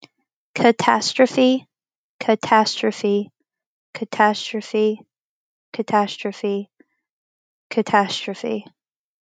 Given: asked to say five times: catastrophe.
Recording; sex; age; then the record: repeated word; female; 20 to 29 years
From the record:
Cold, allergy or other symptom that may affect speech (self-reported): yes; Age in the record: 26 years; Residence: Florida, United States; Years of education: 16